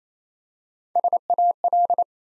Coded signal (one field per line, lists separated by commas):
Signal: Morse code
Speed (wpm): 27 wpm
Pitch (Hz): 700 Hz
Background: none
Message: SAL